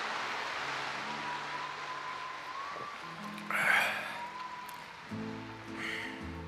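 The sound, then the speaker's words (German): Soft, steady rain hisses throughout, falling on dark streets, with quiet sustained musical tones underneath and a brief louder rush of noise partway through. “Leise fällt der Regen auf die dunklen Straßen.”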